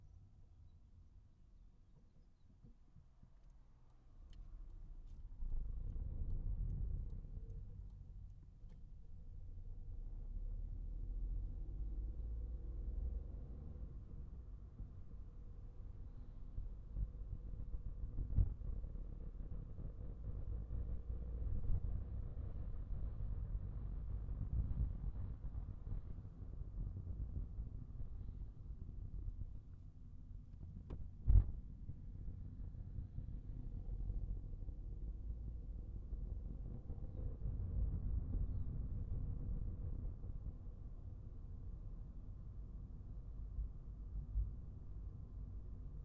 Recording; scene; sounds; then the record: everyday scene through a hearing-aid microphone; in a vehicle; engine, highway driving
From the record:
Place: Skoda Fabia, gasoline engine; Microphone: behind the ear, right, rear